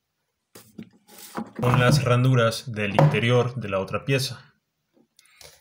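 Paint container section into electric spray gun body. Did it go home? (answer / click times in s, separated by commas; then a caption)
no / none. Someone talks while the raised lugs at the ends of the plastic paint container section are lined up with the slots inside the other part, before it is pushed into the body of a Truper PIPI-33E electric spray gun. A few faint handling taps are heard around the speech. Nothing has clicked or seated yet.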